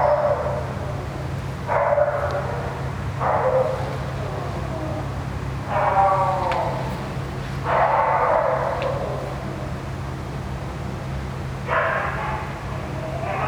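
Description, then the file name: Dog crying in separate plaintive bursts every couple of seconds, then a pause before a last cry, with a constant low mechanical drone underneath. Dog crying near a ventilation system. "a dog crying near a ventilation system"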